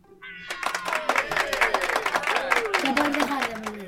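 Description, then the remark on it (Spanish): A small group at Colegio Andolina claps in quick, dense bursts, celebrating that another entry has survived, while excited voices shout and cheer over it, the clapping steady and fairly loud across the whole stretch. “¡Pues otro aplauso!”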